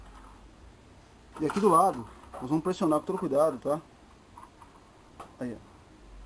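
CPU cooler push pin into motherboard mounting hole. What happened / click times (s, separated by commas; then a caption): Handled, not yet home: a plastic push pin is being pressed but no seating snap is heard / none. Someone talks while pressing the plastic push pins of a socket 775 CPU cooler down into the motherboard mounting holes, with a couple of faint, short knocks near 4.4 and 4.6 seconds between the words. The clip ends before the pin goes home, so nothing has seated or clicked yet.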